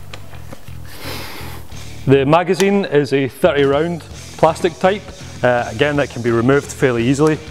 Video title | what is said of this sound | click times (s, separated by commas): ASG Ashbury ASW338LM Airsoft Sniper Rifle Shooting Test | To get the stock back out again, you just lift it up like you would any folding stock and lock it into place again. | 0.1 s